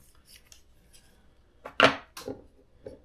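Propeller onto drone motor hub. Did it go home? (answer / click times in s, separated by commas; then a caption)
yes / 1.8 s. A plastic propeller is lined up by its three small feet on the motor of a DJI Air 3 drone, pushed down against the spring and twisted a partial turn until it locks. Faint rustling comes first, then a sharp, loud click at 1.8 s as the propeller locks into place, followed by a couple of softer plastic taps.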